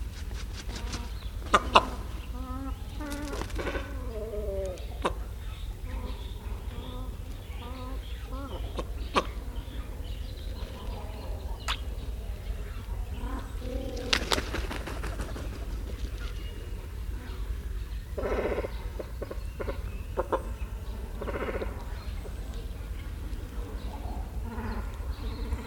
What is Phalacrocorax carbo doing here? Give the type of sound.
call